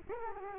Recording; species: mosquito wingbeat signal from an infrared sensor; Culex quinquefasciatus